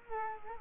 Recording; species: mosquito wingbeat signal from an infrared sensor; Culex quinquefasciatus